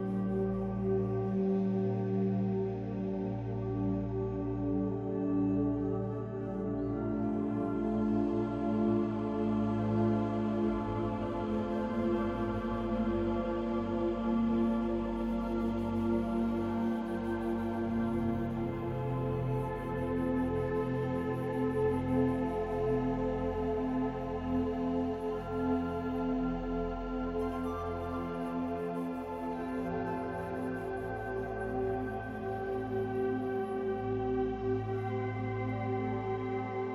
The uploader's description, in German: das mächtige Donnern des Sturms sich mit sanfter, beruhigender Musik vermischt